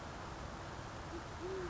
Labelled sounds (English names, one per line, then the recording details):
Band-tailed Pigeon
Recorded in Sonoma County, California